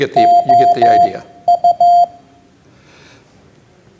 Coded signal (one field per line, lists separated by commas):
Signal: Morse code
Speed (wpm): 15 wpm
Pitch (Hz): 700 Hz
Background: speech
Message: OU